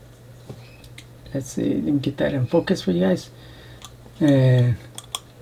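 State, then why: Seated. A small internal cover over the SSD area inside a Samsung Galaxy Chromebook is pressed back into place after an SSD swap to 1TB. Someone talks, and then two sharp snaps at 5.0 s and 5.2 s show the cover seating, held by adhesive that is still on it.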